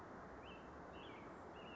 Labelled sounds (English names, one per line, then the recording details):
American Robin
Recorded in Sonoma County, California